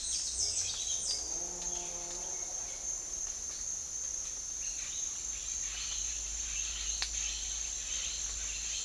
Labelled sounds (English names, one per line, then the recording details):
none
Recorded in dense forest near Puerto Asís, Putumayo, Colombia, on 19 March 2025 at 08:00
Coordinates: 0.503, -76.323
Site GP09